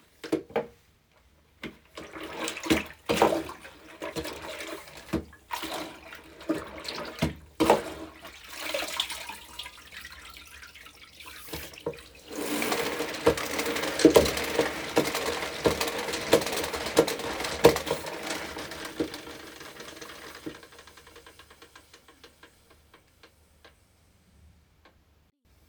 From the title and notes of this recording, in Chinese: 浪漫 是：洗拖布。